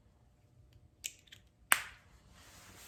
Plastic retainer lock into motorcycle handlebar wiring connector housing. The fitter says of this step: either way snaps back in there